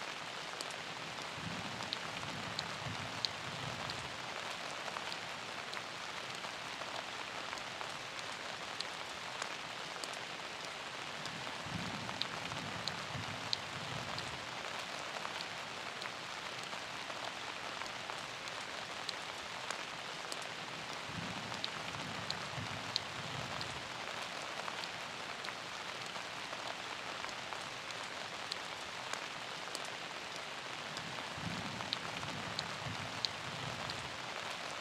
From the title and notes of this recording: Peaceful Music with Rain Sounds. A steady rain with a peaceful piano melody.